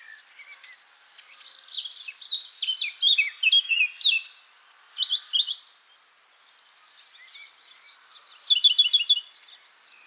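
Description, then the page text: Eurasian blackcap song: chattering warble building into clear fluting notes, a short pause, then a second quieter phrase ending in a loud rapid flourish. "Christoph Bock - Славка-черноголовка (Sylvia atricapilla)"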